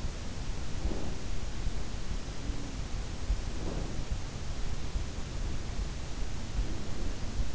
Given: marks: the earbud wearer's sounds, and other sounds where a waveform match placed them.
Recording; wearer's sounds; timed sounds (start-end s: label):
sounds in sleep by an in-ear microphone; breath
0.46-1.56 s: breath
3.17-4.47 s: breath
6.41-7.55 s: breath